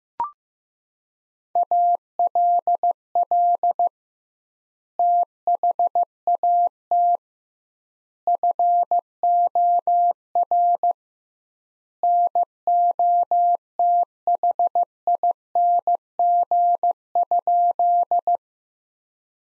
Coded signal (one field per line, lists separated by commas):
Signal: Morse code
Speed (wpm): 15 wpm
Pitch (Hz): 700 Hz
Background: none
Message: ALL THAT FOR NOTHING?